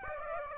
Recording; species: mosquito wingbeat signal from an infrared sensor; Aedes aegypti